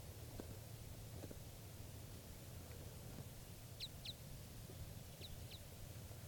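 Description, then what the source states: Red Crossbill (type 5): crossbill calls: a few short, sharp high chips in two close pairs against a steady low rumble and hiss. Wild type 5 crossbill, previously tape recorded, calling at Tennessee Pass, Eagle County, Colorado, on June 8, 1986, at 6:38 a.m.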